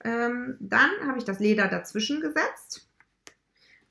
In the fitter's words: dann den Kopf, den schönen Kopf drauf, bis es klickt.